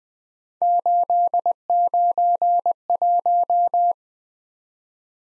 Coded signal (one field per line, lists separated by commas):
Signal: Morse code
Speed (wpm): 20 wpm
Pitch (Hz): 700 Hz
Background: none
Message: 891